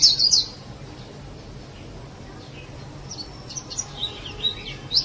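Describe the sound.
Bird chirps: a loud high warbled phrase at the start, then quiet, followed by scattered sharp high notes building toward the end over low hum.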